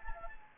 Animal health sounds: mosquito wingbeat signal from an infrared sensor; Anopheles gambiae

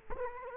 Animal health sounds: mosquito wingbeat signal from an infrared sensor; Culex quinquefasciatus

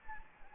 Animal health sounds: mosquito wingbeat signal from an infrared sensor; Anopheles gambiae

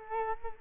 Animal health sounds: mosquito wingbeat signal from an infrared sensor; Culex quinquefasciatus

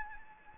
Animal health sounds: mosquito wingbeat signal from an infrared sensor; Anopheles gambiae

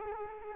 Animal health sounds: mosquito wingbeat signal from an infrared sensor; Culex quinquefasciatus

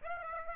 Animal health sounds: mosquito wingbeat signal from an infrared sensor; Aedes aegypti

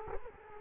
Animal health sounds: mosquito wingbeat signal from an infrared sensor; Culex quinquefasciatus

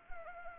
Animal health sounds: mosquito wingbeat signal from an infrared sensor; Anopheles arabiensis

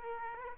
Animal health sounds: mosquito wingbeat signal from an infrared sensor; Aedes aegypti

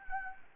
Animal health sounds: mosquito wingbeat signal from an infrared sensor; Anopheles arabiensis

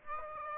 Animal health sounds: mosquito wingbeat signal from an infrared sensor; Aedes aegypti

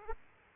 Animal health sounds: mosquito wingbeat signal from an infrared sensor; Aedes aegypti

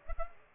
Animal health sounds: mosquito wingbeat signal from an infrared sensor; Culex pipiens

